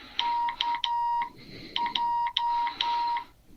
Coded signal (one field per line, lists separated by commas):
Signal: Morse code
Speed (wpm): 11 wpm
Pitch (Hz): 950 Hz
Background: none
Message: KJ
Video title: Morse code class 2023-02-06